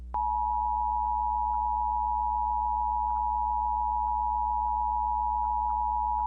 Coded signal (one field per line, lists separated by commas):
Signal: Emergency Alert System (SAME) tones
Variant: 853 and 960 Hz attention tone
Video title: ⚠ EAS Scenario | The Moorcroft Incident ⚠